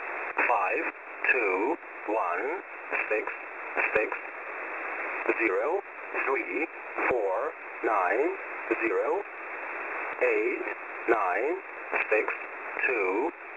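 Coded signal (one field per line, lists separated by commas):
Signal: numbers station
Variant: English Man, English voice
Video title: "English Man" number station at 14472 kHz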